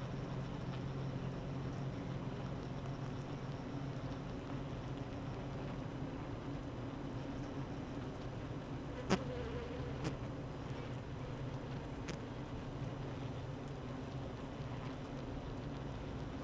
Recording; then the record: honeybee colony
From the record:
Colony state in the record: active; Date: 12 June 2018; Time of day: 8:32